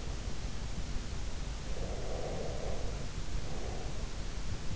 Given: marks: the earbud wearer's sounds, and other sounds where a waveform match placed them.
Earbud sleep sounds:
sounds in sleep by an in-ear microphone; breath
1.65-4.38 s: breath

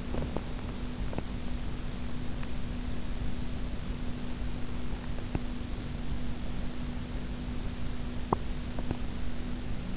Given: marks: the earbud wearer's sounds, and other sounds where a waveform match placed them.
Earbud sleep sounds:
sounds in sleep by an in-ear microphone; teeth grinding
0.00-1.32 s: teeth grinding
8.20-9.15 s: teeth grinding

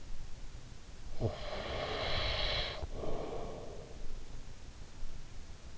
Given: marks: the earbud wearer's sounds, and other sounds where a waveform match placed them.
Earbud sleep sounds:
sounds in sleep by an in-ear microphone; breath
0.66-4.30 s: breath

